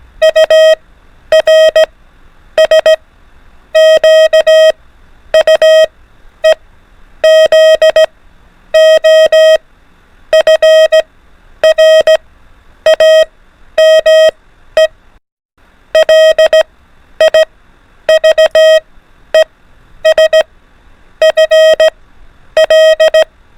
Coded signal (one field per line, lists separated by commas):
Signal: Morse code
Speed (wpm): 16 wpm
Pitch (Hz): 630 Hz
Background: none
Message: URS QUEZ O FRAME LIVES FL